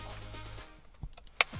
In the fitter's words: It will make a little click sound, and after you hear the click sound, you're good.